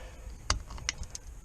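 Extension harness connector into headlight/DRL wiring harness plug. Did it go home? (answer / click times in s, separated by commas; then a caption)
yes / 0.5 s, 0.9 s. A new plastic extension harness connector is plugged into the headlight/DRL lighting wiring harness connector on a 2010–2015 Camaro during a DRL mod. Sharp clicks are heard at 0.5 s and 0.9 s, with a few fainter ticks after, and the connector clicks in and is seated.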